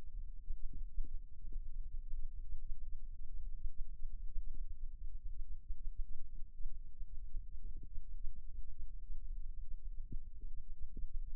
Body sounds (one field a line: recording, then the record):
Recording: forearm muscle sounds (acoustic myography)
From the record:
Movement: rest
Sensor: system 2, bracelet of six BSWA MPA416 microphones around the upper forearm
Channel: 5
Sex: male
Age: 22 years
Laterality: right